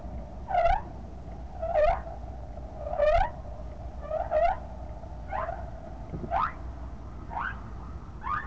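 Whale calls: rich harmonic upswept notes, each rising sharply, repeated a little more often than once a second above a constant low hum.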